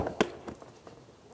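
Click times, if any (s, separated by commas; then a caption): none. A mirror switch wiring connector on a 2006-2010 Hyundai Sonata is lined up and pressed toward the switch on the door panel, with a light tap at 0.1 s and a sharper, louder tap at 0.2 s, followed by a few faint handling ticks. The clip ends before the connector goes home, so nothing has seated or clicked yet.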